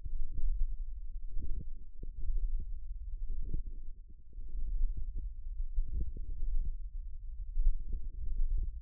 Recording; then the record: forearm muscle sounds (acoustic myography)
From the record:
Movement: hand closing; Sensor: system 1, eight BSWA MPA416 microphones around the upper forearm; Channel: 6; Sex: female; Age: 21 years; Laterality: right